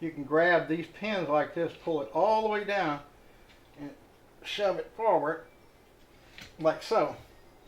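Someone talks while handling a collapsible buttstock on a metal buffer tube, grabbing its pins, pulling the stock all the way down and shoving it forward. A brief, sharp handling sound comes at about 6.4 s, but the stock has not yet locked into its first position notch; nothing has seated or clicked by the end of the clip.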